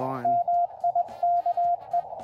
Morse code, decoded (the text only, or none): MIKE